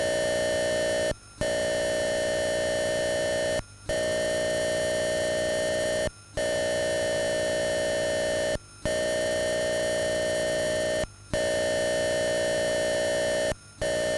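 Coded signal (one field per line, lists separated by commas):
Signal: computer data on cassette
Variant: Atari 8-bit cassette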